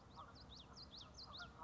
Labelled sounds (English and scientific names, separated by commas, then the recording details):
Common Yellowthroat (Geothlypis trichas)
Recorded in Sonoma County, California